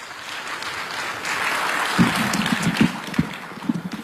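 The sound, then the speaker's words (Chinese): An audience at a crosstalk comedy performance applauds steadily, welcoming two performers onto the stage: a dense wash of many hands clapping at an even loudness, with a few brief low vocal bursts rising through it in the second half. “这话对， 您的掌声就是我们的兴奋剂呀！”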